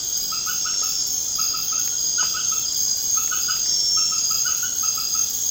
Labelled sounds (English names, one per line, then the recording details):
none
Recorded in pastures near Puerto Asís, Putumayo, Colombia, on 30 June 2025 at 20:30
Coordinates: 0.496, -76.326
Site GP01